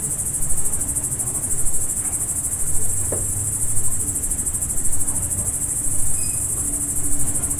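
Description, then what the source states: Cricket: a dense, even chorus of crickets, high and rapidly pulsed, with a single soft knock midway and low background rumble. Crickets at dusk, farm ambience in the Emmental.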